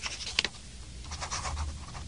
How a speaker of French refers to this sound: Question, il écrit avec un stylo, oui ?